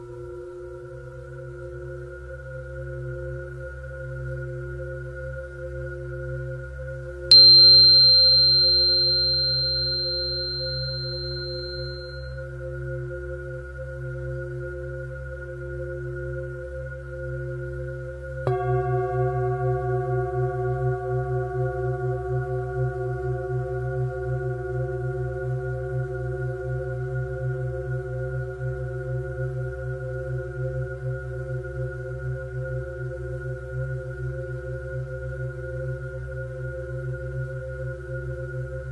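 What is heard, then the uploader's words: Tuning forks ring over a steady, low humming drone that runs the whole time. A sharp strike at about seven seconds brings a bright, piercing tone that fades within five seconds. A second strike near eighteen seconds adds mid-pitched tones that hold to the end. Angel Tuning Fork - Frequency (528Hz & 963Hz) & Perfect Frequency (432Hz).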